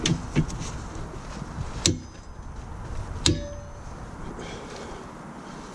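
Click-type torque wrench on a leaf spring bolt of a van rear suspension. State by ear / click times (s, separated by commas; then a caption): torque reached / 3.3 s. A click-type torque wrench tightens a bolt on the rear leaf spring (U-bolt or shackle) of a Ford Transit MK7 van during a broken leaf spring replacement. Sharp metallic clicks stand out over low background noise, the loudest at 1.9 s and 3.3 s. The wrench clicks at 3.3 s, showing the bolt has reached its set torque.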